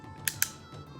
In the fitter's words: there you go now once you hear that click you know it's in there nice and tight and that's not gonna go anywhere